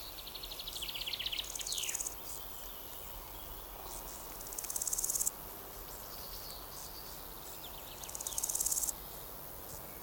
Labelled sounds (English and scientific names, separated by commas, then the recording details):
Large Gold Grasshopper (Chrysochraon dispar) stridulation
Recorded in the wild
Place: Mühlenbecker Wald, Brandenburg, DE
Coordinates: 52.69, 13.37
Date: 1992-06-27 12:48
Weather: sonnig, 22-26°C
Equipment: Marantz CP 430, Sennheiser ME 80, Kopie Tesla B 116
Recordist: Tembrock, Günter